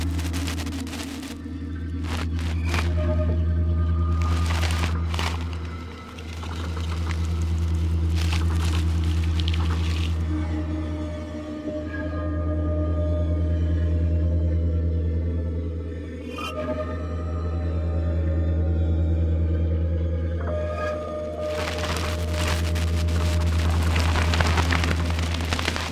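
Quartz crystal bowls sound together in a thick, sustained drone, a deep steady hum with layered tones stacked above it. The volume swells and eases in slow waves about every five seconds, while bright, ringing overtones and brief tapping strikes shimmer on top.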